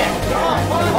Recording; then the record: background sound without coughing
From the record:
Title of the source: Nightlife Party Simulating Party Club Noise 1 Hour